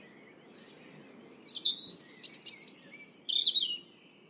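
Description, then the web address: European robin song: after a short quiet spell, a single high, rippling phrase of fast tinkling notes that ends lower. "Deverinetal 2025"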